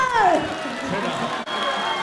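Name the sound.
audience applause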